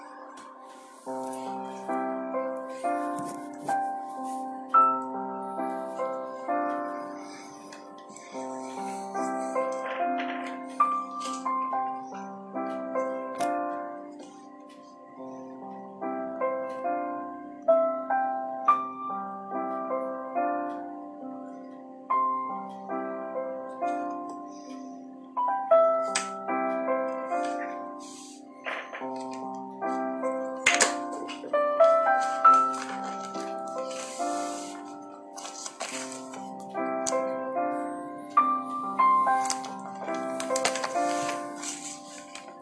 Soft piano music. Pencil, flipping pages and typing ASMR